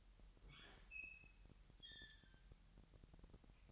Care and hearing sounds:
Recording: daily activity, microphone in the room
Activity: open fridge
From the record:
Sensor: 3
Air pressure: 1001.9 hPa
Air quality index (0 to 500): 240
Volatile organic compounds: 45 ppm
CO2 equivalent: 3223 ppm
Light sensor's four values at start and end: 12/37/16/13 and 12/37/16/13

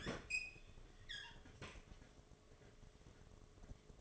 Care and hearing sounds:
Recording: daily activity, microphone in the room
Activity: open fridge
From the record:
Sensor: 4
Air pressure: 1005.4 hPa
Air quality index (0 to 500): 176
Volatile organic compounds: 5 ppm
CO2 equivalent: 1732 ppm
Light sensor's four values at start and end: 6/12/5/4 and 5/10/4/4

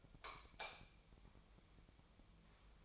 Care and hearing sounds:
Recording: daily activity, microphone in the room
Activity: light off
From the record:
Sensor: 1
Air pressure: 1000.0 hPa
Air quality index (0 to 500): 128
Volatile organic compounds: 2 ppm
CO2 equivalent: 1209 ppm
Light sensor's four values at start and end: 39/103/42/51 and 35/90/38/46

